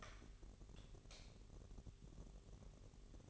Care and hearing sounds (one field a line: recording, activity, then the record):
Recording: daily activity, microphone in the room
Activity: light off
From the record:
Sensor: 4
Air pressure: 1012.7 hPa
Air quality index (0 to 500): 247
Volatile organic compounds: 4 ppm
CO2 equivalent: 1681 ppm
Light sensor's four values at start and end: 18/45/18/19 and 15/35/14/14